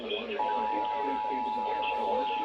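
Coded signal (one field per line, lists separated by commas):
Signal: Emergency Alert System (SAME) tones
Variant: 853 and 960 Hz attention tone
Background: speech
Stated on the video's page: EAS alert tests.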